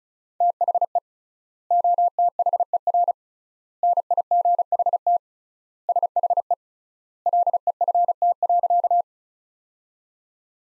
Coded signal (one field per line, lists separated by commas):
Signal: Morse code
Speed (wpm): 36 wpm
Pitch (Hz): 700 Hz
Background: none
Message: THE OTHER NIGHT SHE LEFT.